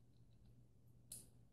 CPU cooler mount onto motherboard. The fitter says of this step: generally lock into place, kind of. It would still move around if I let it.